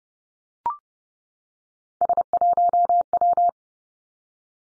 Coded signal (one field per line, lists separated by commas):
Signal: Morse code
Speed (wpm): 30 wpm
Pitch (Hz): 700 Hz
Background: none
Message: S1W